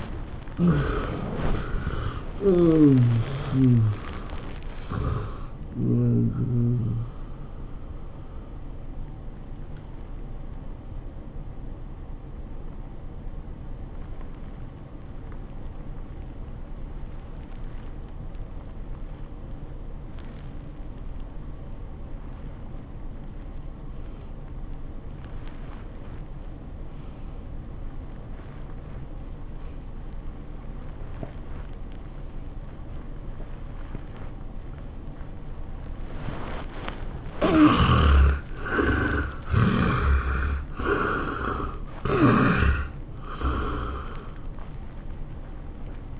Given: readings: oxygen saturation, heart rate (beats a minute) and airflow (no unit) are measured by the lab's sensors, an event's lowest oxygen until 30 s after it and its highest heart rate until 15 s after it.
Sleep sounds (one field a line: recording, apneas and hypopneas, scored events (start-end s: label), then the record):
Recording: breathing in sleep by a smartphone at the bedside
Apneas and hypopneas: 1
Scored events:
12.00-38.50 s: hypopnea (N1, oxygen 93% highest, then 69% lowest, heart rate 103 at the start, 105 highest)
From the record:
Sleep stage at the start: N1 (lightest sleep)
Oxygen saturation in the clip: 67 to 93%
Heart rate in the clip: 81 to 110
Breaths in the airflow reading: 7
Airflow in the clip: -17.0 to 11.5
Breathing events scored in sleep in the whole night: 403 in 5.5 hours asleep